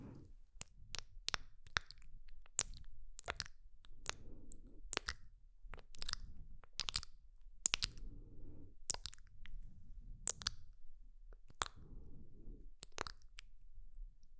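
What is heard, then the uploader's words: Mouth sounds: a steady run of sharp, wet clicks and smacks, roughly one or two each second, with a few quick double clicks. Between them come soft, low, squishy chewing and sucking sounds that swell and fade. MOUTH SOUNDS + HYPNOTIC HANDS ASMR.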